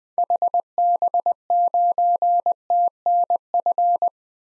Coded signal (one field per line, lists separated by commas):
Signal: Morse code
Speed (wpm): 20 wpm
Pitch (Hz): 700 Hz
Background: none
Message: HB9TNF